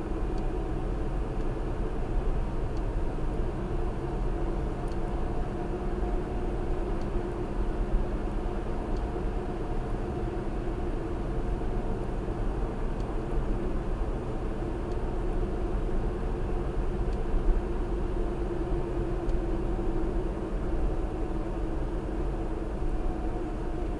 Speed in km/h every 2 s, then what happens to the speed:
66, 68, 69, 69, 69, 69, 66, 68, 68, 66, 64, 61.
0-10 steady at about 69. 10-24 slows to 61.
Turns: none.